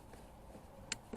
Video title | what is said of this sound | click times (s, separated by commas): 2005 - 2011 Mercedes B200 W245 Master Window Switch Replacement and Door Panel Removal. | okay you hear the click so it misses in so now | 0.9 s